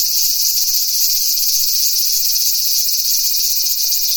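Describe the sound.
Cicadas buzzing in a high, steady drone that stays loud throughout.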